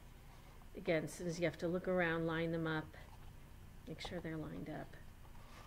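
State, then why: Not seated. Glued pegs on one wooden birdhouse roof half are lined up and pushed into the top holes of the other roof half while someone talks. The pegs go in, but no click is heard and nothing has clicked yet.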